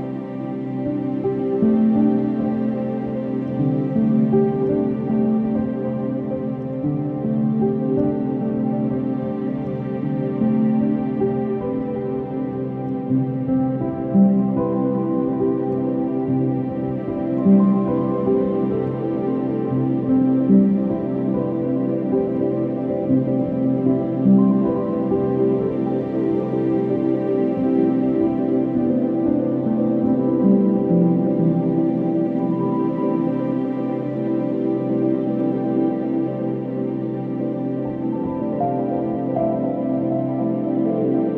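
A soft upright piano plays a slow, flowing passage, its notes sitting mostly in the low and middle range with little brightness on top. The playing is continuous and even in loudness across the whole stretch, with gentle, overlapping chords and no breaks or other sounds.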